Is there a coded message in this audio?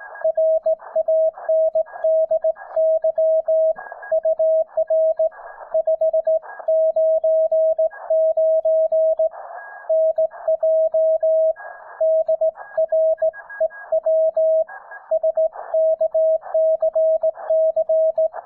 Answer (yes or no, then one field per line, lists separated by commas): yes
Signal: Morse code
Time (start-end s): 0.2-18.3 s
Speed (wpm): 18 wpm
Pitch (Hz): 640 Hz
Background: music, radio noise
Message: RANDY UR 599 NJ DREW SKCC